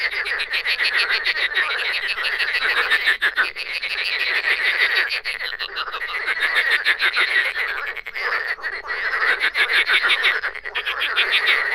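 Frogs croaking in a dense chorus, many rapid pulsed croaks overlapping continuously with brief dips in loudness throughout.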